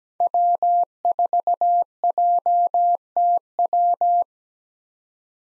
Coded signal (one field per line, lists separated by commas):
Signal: Morse code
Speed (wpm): 17 wpm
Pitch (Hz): 700 Hz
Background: none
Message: W4JTW